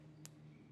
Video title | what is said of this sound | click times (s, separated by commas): How to Get the Most Casting Distance out of Your Baitcasting Reel | them down just like so and you're going to hear a little click | 0.2 s